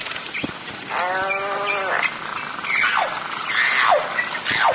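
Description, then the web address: Beluga calls: a nasal, bleating harmonic tone lasting about a second, followed by several sharply falling whistles, with scattered clicks and crackles throughout. "valaat beluga"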